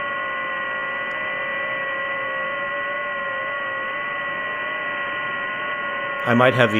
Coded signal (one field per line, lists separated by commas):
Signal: FT8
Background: speech